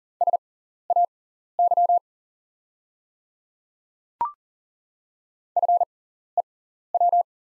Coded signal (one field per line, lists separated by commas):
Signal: Morse code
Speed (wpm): 40 wpm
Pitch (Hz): 700 Hz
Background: none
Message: SAY FEW